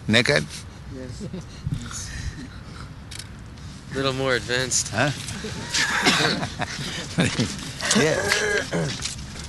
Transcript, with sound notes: naked?
Yes.
Little more advanced.
[laughs] Yes.